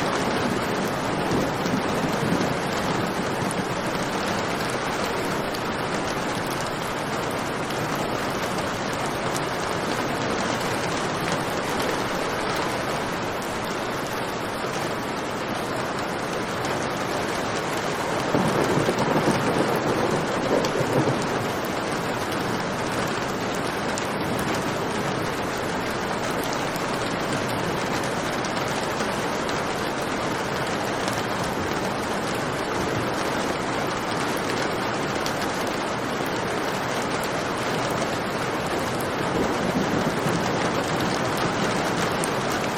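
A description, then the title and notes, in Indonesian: Heavy evening rain pours down in a dense, steady hiss that fills the whole range from low rumble to bright spatter. The downpour holds at an even level throughout, swelling briefly around eighteen to twenty-one seconds and again near the end. Evening Rain. Derasnya hujan di sore hari sambil merenung dan menikmati disamping jendela kamar dirumah sendiri.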